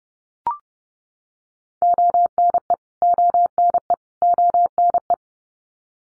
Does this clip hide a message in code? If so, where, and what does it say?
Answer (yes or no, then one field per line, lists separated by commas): yes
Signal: Morse code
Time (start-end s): 1.8-5.1 s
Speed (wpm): 30 wpm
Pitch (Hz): 700 Hz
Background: none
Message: ONE ONE ONE